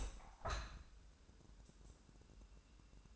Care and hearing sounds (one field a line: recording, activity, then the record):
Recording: daily activity, microphone in the room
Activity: open window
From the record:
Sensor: 2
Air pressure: 1000.3 hPa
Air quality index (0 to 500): 132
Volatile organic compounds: 2 ppm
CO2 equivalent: 1101 ppm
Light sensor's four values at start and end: 11/31/12/14 and 12/32/12/14